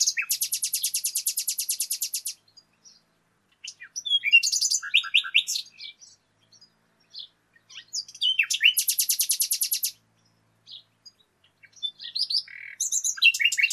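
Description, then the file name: Common nightingale song alternating long, very fast pulsed high trills with bursts of varied chirps and slurred notes. "Luscinia megarhynchos"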